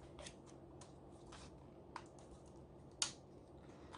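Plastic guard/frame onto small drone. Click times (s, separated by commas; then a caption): 3.0 s. A plastic stiffening frame is pressed onto a DJI Mavic Air Arctic White drone from the Fly More Combo after an earlier failed try. Soft plastic rustling and small ticks lead up to one loud, sharp click at 3.0 s, when the frame snaps on and is seated.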